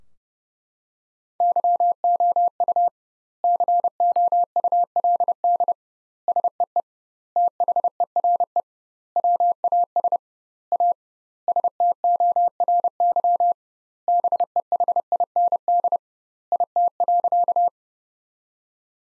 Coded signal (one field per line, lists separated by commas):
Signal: Morse code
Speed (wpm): 31 wpm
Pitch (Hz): 700 Hz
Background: none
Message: YOU COULD SEE THERE WAS A STORY BEHIND IT.